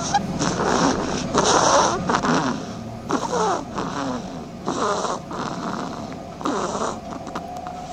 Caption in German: Zu den Schlafmäusen gehören eben auch die Haselmäuse. Und ich wusste gar nicht, dass die schnarchen, tun sie aber, das hört sich so an. Eine schnarchende Haselmaus.